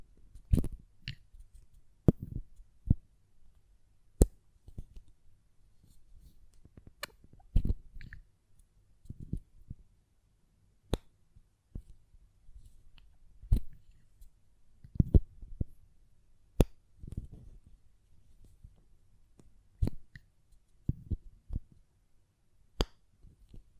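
Sharp, bright taps on a glass perfume bottle ring out at irregular intervals, roughly one or two every second or so, with a few quick clusters. Between them come softer low knocks and rubbing sounds from handling the lid, over near silence.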